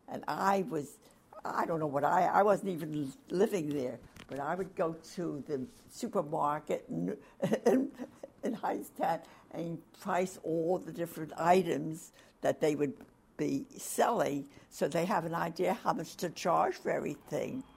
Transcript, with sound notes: And I was-I don't know what I-I wasn't even living there, but I would go to the supermarket, in--nu (laughs) and price all the different items that they would be selling so they have an idea how much to charge for everything.